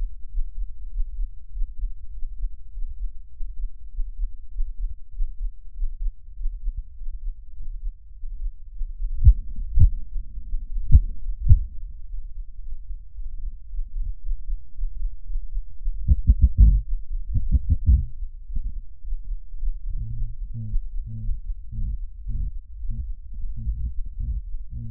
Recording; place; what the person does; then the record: lung sounds by stethoscope; left anterior apical chest; quiet breathing, then cough and speech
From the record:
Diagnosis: none (healthy); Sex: male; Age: 23 years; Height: 185 cm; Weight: 93 kg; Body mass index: 27.2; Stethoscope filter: bell mode